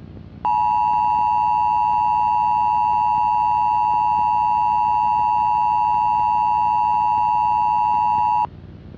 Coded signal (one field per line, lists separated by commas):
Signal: Emergency Alert System (SAME) tones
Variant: 853 and 960 Hz attention tone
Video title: IXL’s reawakening | a EAS scenario